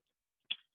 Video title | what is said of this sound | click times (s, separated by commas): Primal 7 Set-up Workshop (December, 2020) | clip you can hear that click together okay and then i will | 0.5 s